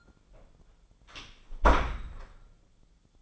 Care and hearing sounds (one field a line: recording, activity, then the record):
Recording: daily activity, microphone in the room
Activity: close door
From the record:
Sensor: 5